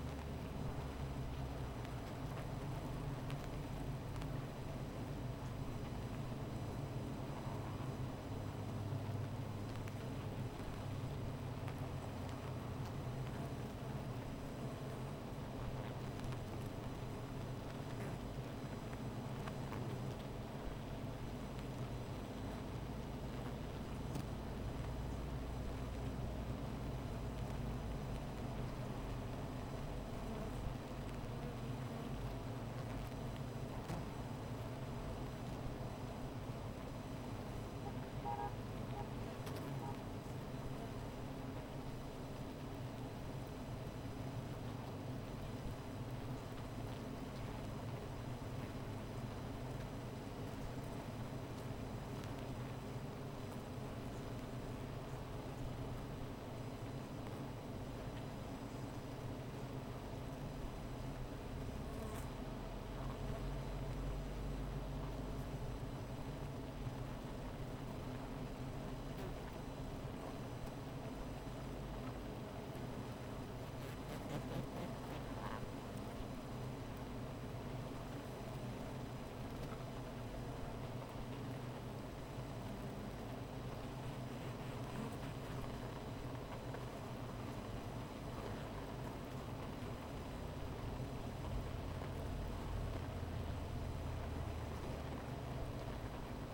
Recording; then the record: honeybee colony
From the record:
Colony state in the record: missing queen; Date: 14 July 2017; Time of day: 15:51